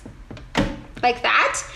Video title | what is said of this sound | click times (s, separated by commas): A Beginner's Guide on How To Use A Sewing Machine - Everything You Need to Know! | going to put this on my bobbin winder make sure she snaps in place and then you're going to push this like | 0.6 s